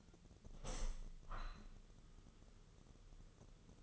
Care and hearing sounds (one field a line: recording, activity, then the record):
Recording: daily activity, microphone in the room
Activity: open window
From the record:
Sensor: 4